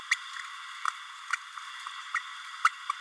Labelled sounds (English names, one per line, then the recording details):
Green-rumped Parrotlet babbling
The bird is a female
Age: 30 days
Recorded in a nest box in Venezuela
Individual 17B32A7